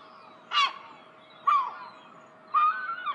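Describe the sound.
Herring gull calls: three mewing cries about one second apart, the last one longer and wavering.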